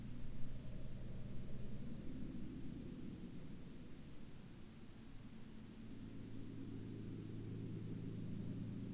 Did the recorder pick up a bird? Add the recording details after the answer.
no. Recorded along the Dempster Highway, Canada, on 15 October 2019 at 10:44. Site 15